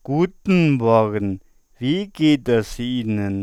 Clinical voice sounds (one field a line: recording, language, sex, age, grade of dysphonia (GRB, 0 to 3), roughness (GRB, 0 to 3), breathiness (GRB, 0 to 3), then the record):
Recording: spoken sentence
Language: German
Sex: male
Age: 30 to 39 years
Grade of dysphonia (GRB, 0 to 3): 0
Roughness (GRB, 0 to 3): 0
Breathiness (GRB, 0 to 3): 0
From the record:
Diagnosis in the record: dysarthrophonia, central laryngeal movement disorder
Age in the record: 38 years